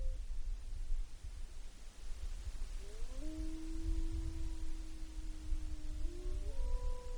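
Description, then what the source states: Mammal call: a long level tone starting midway that rises near the end, against low background rumble. Recorded in Wrangell-St. Elias, Alaska, on 11 February 2017.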